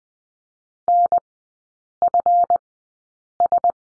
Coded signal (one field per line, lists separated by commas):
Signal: Morse code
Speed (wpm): 20 wpm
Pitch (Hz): 700 Hz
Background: none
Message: NFS